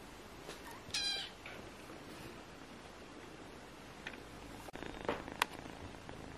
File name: Time for Relaxation, Purring and Sleep - Cute Baby kittens - 21-06-20